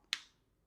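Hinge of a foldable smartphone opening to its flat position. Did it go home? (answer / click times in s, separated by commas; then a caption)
yes / 0.1 s. The hinge of a Samsung Galaxy Z Fold 8 foldable smartphone is unfolded to full open and snaps into its flat, locked position. A single short, sharp pop at 0.1 s is bright and high-pitched and fades within about a fifth of a second. The hinge is seated, popped into place at 0.1 s.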